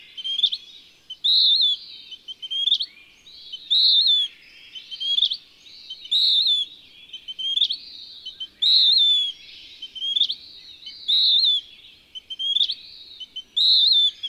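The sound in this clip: Western wood-pewee repeating burry, hoarse phrases, each slurring down, interleaved with short upturned notes, at about two dozen phrases a minute.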